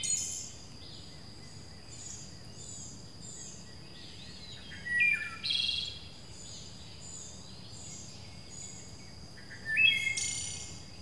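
Bird: mostly quiet with a faint steady whine, broken by a few short bursts of bird chirping around the middle and near the end.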